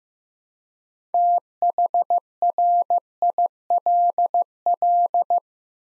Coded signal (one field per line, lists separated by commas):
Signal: Morse code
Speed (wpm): 15 wpm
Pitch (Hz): 700 Hz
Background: none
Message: THRILL